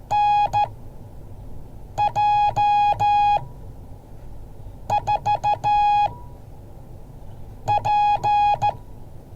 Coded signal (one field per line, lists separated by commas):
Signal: Morse code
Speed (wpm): 14 wpm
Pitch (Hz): 830 Hz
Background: none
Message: NJ4P